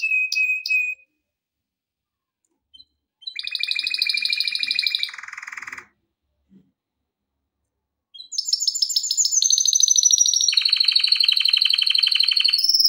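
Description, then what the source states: Canary song in bursts: a brief whistle, a pause, a rapid buzzy trill, several seconds of quiet, then a long sustained high rolling trill. Canary song recorded for training canaries.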